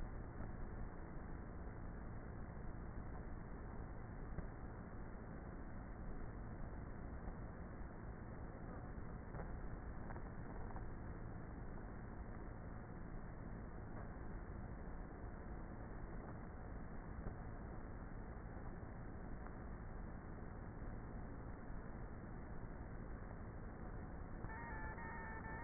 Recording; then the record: honeybee colony, microphone inside the hive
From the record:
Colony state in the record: queenless with a low population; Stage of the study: before two queens were removed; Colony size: about 30,000 bees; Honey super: no